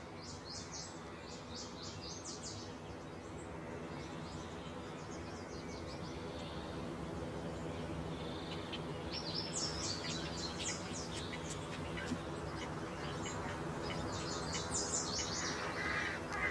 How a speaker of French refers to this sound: On est les rois, là. La pêche et tout, le calme, les oiseaux, y'a pas mieux, hein.